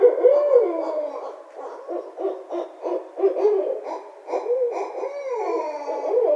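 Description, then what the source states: Barred owl hooting and caterwauling, loud rolling hoots with wavering, rising and falling notes. Recorded 26 February 2012.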